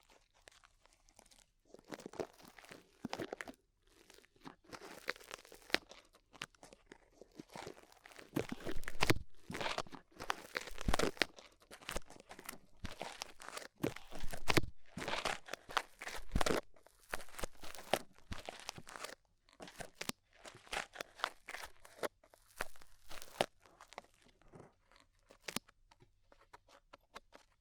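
Ear cleaning with rhinestones and clay being removed: dense, irregular crinkling and crunching scratches come in quick bursts throughout. The loudest, fullest rubs cluster around the middle, with a few sharp tearing-like sweeps, and quieter gaps between flurries.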